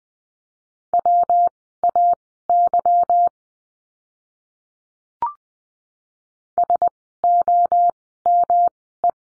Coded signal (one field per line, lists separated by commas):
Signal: Morse code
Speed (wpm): 20 wpm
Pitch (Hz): 700 Hz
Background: none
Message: WAY SOME